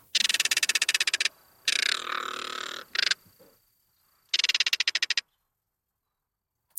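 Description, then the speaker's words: Crested caracara call: harsh, rapid clattering rattles in four bursts, the second one rougher and more grating, separated by short pauses, with silence at the end. Played on radio; species usually lives in Central and South America. "That is the sound of a crested caracara, a bird that usually hangs around Central and South America."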